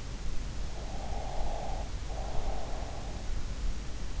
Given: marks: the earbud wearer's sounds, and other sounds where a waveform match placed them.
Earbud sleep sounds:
sounds in sleep by an in-ear microphone; breath
0.94-3.21 s: breath

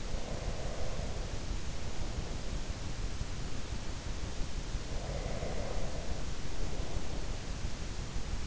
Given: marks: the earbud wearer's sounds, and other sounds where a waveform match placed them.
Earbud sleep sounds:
sounds in sleep by an in-ear microphone; breath
0.00-2.84 s: breath
4.89-7.28 s: breath

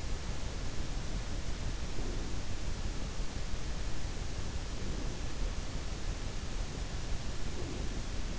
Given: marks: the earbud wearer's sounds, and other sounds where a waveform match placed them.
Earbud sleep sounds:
sounds in sleep by an in-ear microphone; breath
1.91-2.49 s: breath
4.64-5.22 s: breath
7.43-8.15 s: breath

